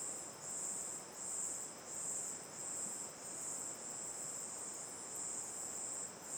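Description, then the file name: Chorus of crickets with a thin, very high buzzing trill in uneven swells, some longer than others, above a steady low rushing noise. Night ambience facing the mouth of Terra Ronca 1 cave, chorus of crickets, river on the left, AB stereo recording. "Ambiencia olhando para boca da caverna terra ronca 1 a noite, coro de cigarras e grilos, rio a esquerda, gravacao em ab"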